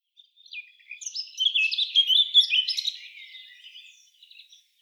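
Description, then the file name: Eurasian blackcap warbling song: a soft start building to a rich, rapid jumble of high, varied notes, then fading away. "Sylvia atricapilla"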